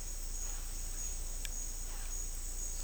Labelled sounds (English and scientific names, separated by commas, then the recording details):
none
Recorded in secondary vegetation near Puerto Asís, Putumayo, Colombia, on 18 December 2024 at 11:30
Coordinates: 0.484, -76.319
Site GP06